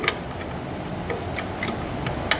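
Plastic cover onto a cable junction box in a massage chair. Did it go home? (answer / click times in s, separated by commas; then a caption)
yes / 0.1 s, 2.3 s. A plastic cover is pressed onto a cable junction box in a Novo XT / Novo XT2 massage chair while the cables are held in its slots. Sharp clicks sound at 0.1 s and 2.3 s, with quieter ticks in between. The cover snaps into place.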